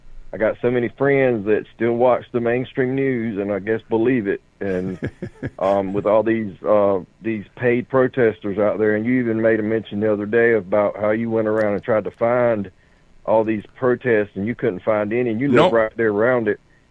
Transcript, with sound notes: I got so many friends that still watch the mainstream news and I guess believe it, and-
(laughs)
... um, with all these, uh, these paid protestors out there. And you even made a mention the other day about how you went around and tried to find all these protests and you couldn't find any.
No.
And you live right there around it.